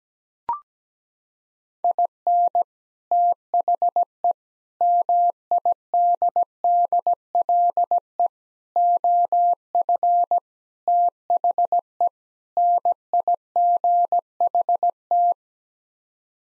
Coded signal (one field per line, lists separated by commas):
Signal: Morse code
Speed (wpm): 17 wpm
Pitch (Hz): 700 Hz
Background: none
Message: IN THE MIDDLE OF THE NIGHT